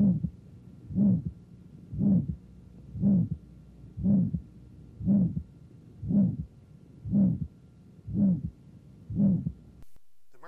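Adult heart by stethoscope diaphragm at the right upper sternal border, about 59 beats per minute. Aortic stenosis murmur from turbulent flow across a rigid aortic valve: a high-frequency, many-pitched, impure, rough mid-systolic murmur that builds in intensity through mid-systole, then dies out, leaving an audible second heart sound.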